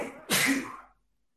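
One sneeze from an adult man with a summer cold: a short intake of breath, then a sudden explosive hissing burst that dies away within half a second.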